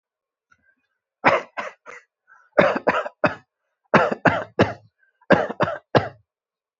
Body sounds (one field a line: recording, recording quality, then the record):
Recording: shallow voluntary cough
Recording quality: excellent, no background noise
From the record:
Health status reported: exposed to COVID-19, no respiratory illness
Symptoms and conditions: cold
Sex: male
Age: 22 years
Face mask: worn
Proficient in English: yes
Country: India